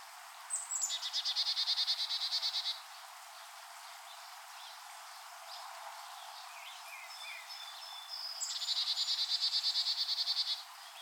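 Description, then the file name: Carolina chickadee giving two long runs of rapid, buzzy repeated notes, separated by a few thin, high chips. Recorded 15 July 2017. "2017-07-15 CACH St L"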